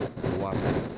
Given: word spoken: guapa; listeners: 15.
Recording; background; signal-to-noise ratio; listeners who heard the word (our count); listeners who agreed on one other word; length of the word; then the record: one Spanish word in noise, from a listening test; noise modulated by three-talker babble; -6.9 dB; 1 of 15; 7 of 15; 0.58 s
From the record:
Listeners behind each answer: 7, 2, 1, 1, 1, 1, 1, 1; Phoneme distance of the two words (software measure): 10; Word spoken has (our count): 2 syllables, 5 phonemes, stress on syllable 1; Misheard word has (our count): 2 syllables, 5 phonemes, stress on syllable 1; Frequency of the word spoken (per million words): 8.96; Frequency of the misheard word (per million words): 8.39